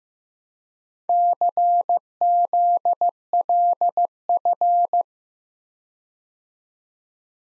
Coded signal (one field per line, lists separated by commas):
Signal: Morse code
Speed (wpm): 15 wpm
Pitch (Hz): 700 Hz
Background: none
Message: CZLF